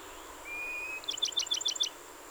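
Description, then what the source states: Bachman's sparrow song: a long, level whistled tone, then a rhythmic trill of six ringing, high notes, over a faint steady hiss. Recorded 30 April 2019; the recording holds 27 songs.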